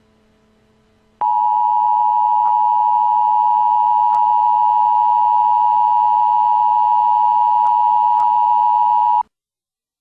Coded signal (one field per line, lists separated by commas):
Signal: Emergency Alert System (SAME) tones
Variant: 853 and 960 Hz attention tone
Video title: EAS Avalanche warning for salt lake city UT.